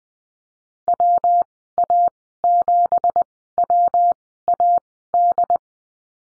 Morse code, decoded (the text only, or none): WA7WAD